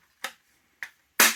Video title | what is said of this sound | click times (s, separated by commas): [HOW TO] SPECNA ARMS SAJ05 EDGE AK - Disassembly for repairs and maintenance | locked into place last thing to do then | 1.2 s